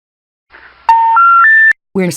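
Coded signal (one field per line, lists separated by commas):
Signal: telephone call progress tone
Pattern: special information tone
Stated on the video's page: EAS SAME tones in a fictional Halloween scenario film, a simulated alert rather than a real broadcast.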